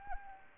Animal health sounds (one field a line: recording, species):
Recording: mosquito wingbeat signal from an infrared sensor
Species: Anopheles arabiensis